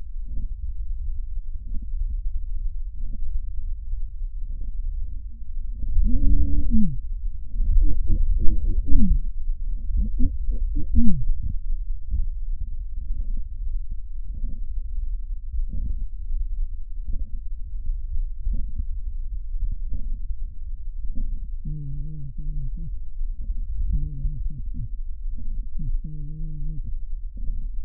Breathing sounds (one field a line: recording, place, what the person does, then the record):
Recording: lung sounds by stethoscope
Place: trachea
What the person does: quiet breathing, then cough and speech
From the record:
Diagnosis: interstitial lung disease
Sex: male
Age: 72 years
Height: 167 cm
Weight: 74 kg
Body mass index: 26.5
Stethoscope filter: bell mode